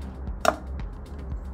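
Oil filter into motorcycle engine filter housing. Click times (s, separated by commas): 0.5 s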